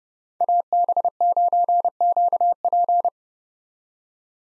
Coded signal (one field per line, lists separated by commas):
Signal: Morse code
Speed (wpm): 30 wpm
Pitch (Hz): 700 Hz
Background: none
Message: AB9QP